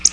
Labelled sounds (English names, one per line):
Black-throated Blue Warbler flight call